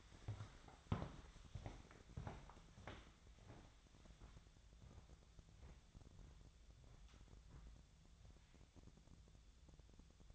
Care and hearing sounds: daily activity, microphone in the room; walk to room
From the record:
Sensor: 3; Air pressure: 999.9 hPa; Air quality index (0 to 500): 121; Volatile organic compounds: 2 ppm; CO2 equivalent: 1086 ppm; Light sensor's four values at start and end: 34/84/37/40 and 36/87/38/42

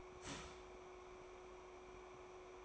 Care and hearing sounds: daily activity, microphone in the room; start toaster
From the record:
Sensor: 1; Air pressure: 1014.7 hPa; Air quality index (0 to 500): 196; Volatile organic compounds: 30 ppm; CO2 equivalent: 2962 ppm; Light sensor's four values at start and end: 4/9/3/3 and 4/9/3/3

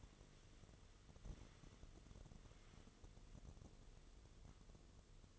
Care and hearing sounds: daily activity, microphone in the room; wipe stove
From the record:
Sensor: 4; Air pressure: 1016.0 hPa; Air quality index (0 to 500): 171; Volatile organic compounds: 6 ppm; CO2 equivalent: 1940 ppm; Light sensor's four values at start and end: 9/19/7/7 and 8/18/7/7

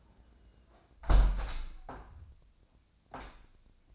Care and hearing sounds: daily activity, microphone in the room; close window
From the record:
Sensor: 2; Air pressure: 1012.1 hPa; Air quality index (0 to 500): 116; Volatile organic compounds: 1 ppm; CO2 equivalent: 870 ppm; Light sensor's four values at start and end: 113/270/112/111 and 114/273/113/112

